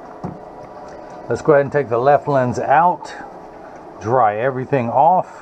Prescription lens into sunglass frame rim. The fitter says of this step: down to the nose first right there it snaps right in